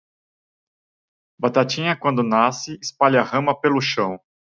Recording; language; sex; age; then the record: short text; Brazilian Portuguese; male; 40 to 49 years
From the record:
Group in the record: control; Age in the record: 40 years